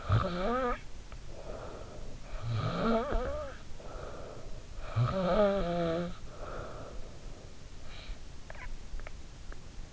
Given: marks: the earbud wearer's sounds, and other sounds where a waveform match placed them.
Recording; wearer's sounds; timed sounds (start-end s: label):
sounds in sleep by an in-ear microphone; snoring breath, teeth grinding
0.00-2.31 s: snoring breath
2.39-4.80 s: snoring breath
4.92-7.56 s: snoring breath
8.42-9.21 s: snoring breath
9.06-9.21 s: teeth grinding
9.43-9.72 s: teeth grinding